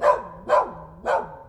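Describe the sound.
Dog barking: three loud barks, about half a second apart, each with a short falling whine trailing after it.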